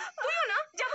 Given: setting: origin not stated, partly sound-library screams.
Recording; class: one-second piece from a danger detection set; woman in danger